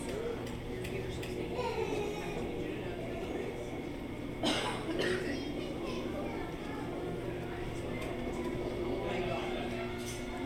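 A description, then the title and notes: In a lobby area, voices murmur over a steady low rumble, with a brief louder burst of clatter around four and a half seconds. Port Orleans Riverside Binaural Hotel Lobby Ambience. The lobby.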